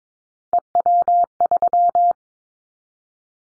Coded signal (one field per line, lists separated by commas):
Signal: Morse code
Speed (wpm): 22 wpm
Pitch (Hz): 700 Hz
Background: none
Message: EW3